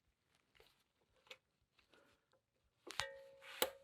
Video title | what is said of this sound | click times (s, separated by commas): DIY Brake Pad Change, 987 Cayman/Boxster, 997 Carrera. Very detailed, save $400+ on this easy job! | make sure you hear that definite snap when it goes into position | 3.0 s, 3.6 s